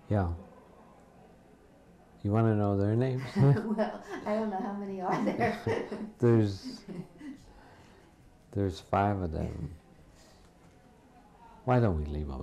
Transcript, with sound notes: Yeah. You want to know their names?
Well, I don't know. How many are there? [Laughs]
There's — there's five of them. Why don't we leave them out.